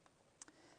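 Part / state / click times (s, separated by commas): sliding lock on a paper scoring board / seated / 0.4 s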